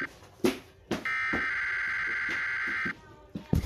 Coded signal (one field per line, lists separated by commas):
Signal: Emergency Alert System (SAME) tones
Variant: header bursts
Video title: WTTE TV FOX 28 EAS TEST FAIL 2021